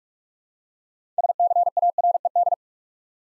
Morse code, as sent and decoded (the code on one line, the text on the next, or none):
... -.-. .- .-. . -..
SCARED